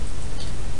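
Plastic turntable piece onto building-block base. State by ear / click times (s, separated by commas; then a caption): not seated / none. A plastic turntable piece is pressed onto a building-block DJ set base by hand, heard as faint, steady handling rustle and scuffing with no sharp snap. Nothing has seated or clicked yet; the piece is still being handled, not yet home.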